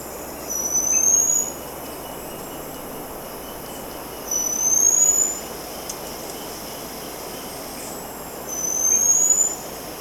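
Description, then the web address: Black-streaked puffbird uttering thin, high, rising whistles, one about every four seconds, three in all, with faint background hiss. Ecuador. "Birds of Ecuador Black-Streaked Puffbird"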